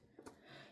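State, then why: Seated. A rotating command bezel on a mechanical watch case is turned counterclockwise by one step. A short, sharp click sounds at 0.3 s as the bezel seats into its detent step, followed by a faint, steady background hiss.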